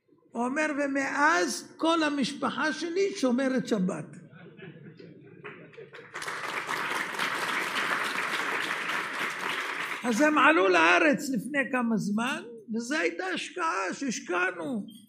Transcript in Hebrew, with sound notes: הוא אומר: 'ומאז כל המשפחה שלי שומרת שבת!!!' [מחיאות כפים] אז הם עלו לארץ לפני כמה זמן. וזה היתה השקעה שהשקענו